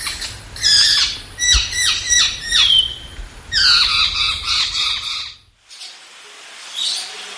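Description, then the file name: Lorikeet calls: a chattering stream of harsh, raspy squawks with some thin whistled tones, over a low steady hum, ending in a quieter faint squawk. "Лори -Лорикет -Попугай -Голоса-птиц"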